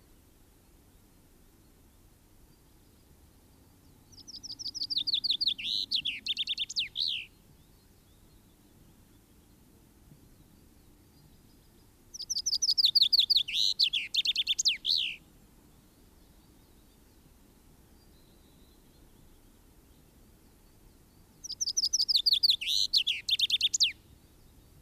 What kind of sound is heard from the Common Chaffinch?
song